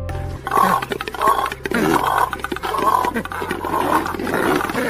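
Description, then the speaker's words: Cormorant guttural calls: a series of harsh, rasping croaks and grunts. Breeds in colonies, in trees or on the ground. "Haben Sie die Stimme des Kormorans erkannt?"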